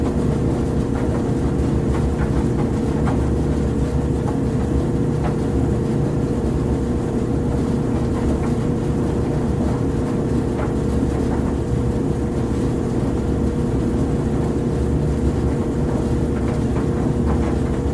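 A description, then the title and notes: A clothes dryer runs with a steady, deep rumble and a constant low hum that never changes in level. Faint ticks and light knocks, like items tumbling or a zipper tapping the drum, come through irregularly every second or two above the drone. Sleep Sounds Of A Clothes Dryer.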